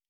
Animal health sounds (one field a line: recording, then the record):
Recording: hydrophone in a shrimp aquaculture tank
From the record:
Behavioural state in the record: normal